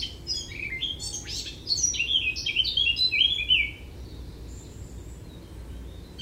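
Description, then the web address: Eurasian blackcap song: a quick jumble of scratchy chirps running into a run of brighter whistled notes, then quiet apart from a faint high note and low hum. "SETE data Sylvia atricapilla"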